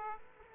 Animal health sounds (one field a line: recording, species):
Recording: mosquito wingbeat signal from an infrared sensor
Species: Aedes aegypti